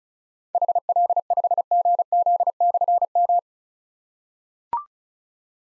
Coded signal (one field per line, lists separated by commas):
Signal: Morse code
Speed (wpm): 36 wpm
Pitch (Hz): 700 Hz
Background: none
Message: HL5GZ/M